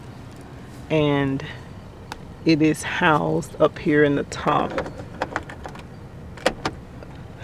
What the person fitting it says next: and it snaps back in.